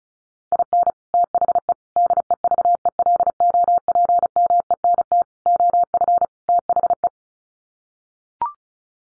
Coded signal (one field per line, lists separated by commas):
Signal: Morse code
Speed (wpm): 34 wpm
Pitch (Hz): 700 Hz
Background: none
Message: IN THE DEVELOPMENT OF THE